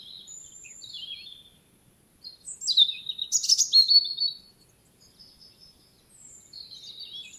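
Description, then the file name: European robin song: faint thin whistles, then a loud rapid twittering flourish in the middle, trailing off into quiet high notes. "Erithacus rubecula"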